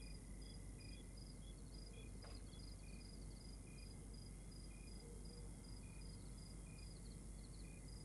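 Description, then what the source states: Crickets chirping in several overlapping rhythmic series of short high pulses, with a steady high tone, a single sharp click, and a constant low rumble beneath. Outdoor night ambience in Rwanda.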